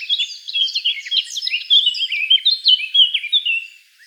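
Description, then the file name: Eurasian blackcap warbling song, a fast run of high twittering and scratchy notes with quick up-and-down slurs, fading at the end. "Sylvia atricapilla"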